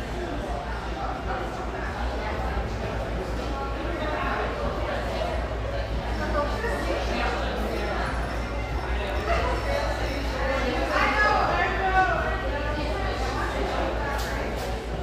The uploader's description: cheerful, bustling background noise of this sunny café in one of the OC's most upscale neighborhoods